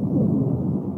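Polyphonic wheeze heard over the lungs of an adult through a stethoscope: several simultaneous musical tones, mostly low-pitched, continuous throughout.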